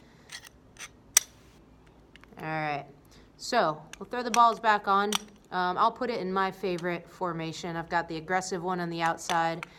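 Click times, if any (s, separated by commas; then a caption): 1.2 s. The button-lock end piece of a massage roller is pressed into the roller shaft with the button held and turned until it locks. A few faint ticks lead to a loud, sharp click at 1.2 s as the end piece seats in the shaft. Someone then talks for the rest of the clip.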